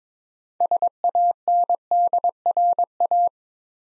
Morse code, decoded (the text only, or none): SANDRA